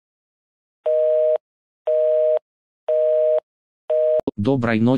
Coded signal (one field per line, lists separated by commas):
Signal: telephone call progress tone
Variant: North America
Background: speech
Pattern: busy tone